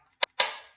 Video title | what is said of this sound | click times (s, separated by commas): DJI Mini 3 Charged - Unleashing the Power of Ultimate Freedom! | until you hear an audible click, all right? | 0.2 s, 0.4 s